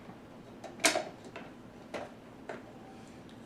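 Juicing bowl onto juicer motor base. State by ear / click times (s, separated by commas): seated / 0.9 s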